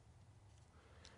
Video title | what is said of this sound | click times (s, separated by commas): HKS Magazine Loader | so you can put the magazine in and you'll hear it kind of snap in place there | 1.0 s